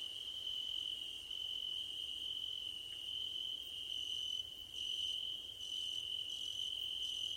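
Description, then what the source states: Continuous high cricket trill, with faint pulsed chirps joining in during the second half. Crickets at night under a starlit sky.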